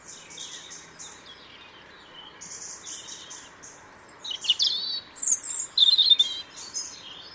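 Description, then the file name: European robin song: faint high notes for several seconds, then louder, rapid, jangling trills and warbles in the second half. "Erithacus rubecula"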